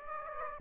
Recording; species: mosquito wingbeat signal from an infrared sensor; Aedes aegypti